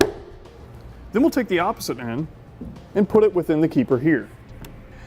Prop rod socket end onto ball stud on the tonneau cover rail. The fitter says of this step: Then we'll just push it on until it snaps into place.